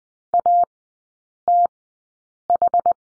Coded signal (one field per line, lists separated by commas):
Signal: Morse code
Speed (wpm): 20 wpm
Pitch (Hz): 700 Hz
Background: none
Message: ATH